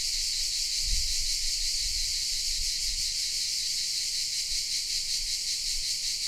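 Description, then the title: Cicadas sing a continuous high-pitched buzzing chorus with slight rhythmic pulsing; a few soft low thuds in the first half. Recorded in shade of pine trees in a park at Padula, Italy; mainly cicada sounds; recorded with Zoom H6 and MS capsule. "Cicale nel parco della Certosa"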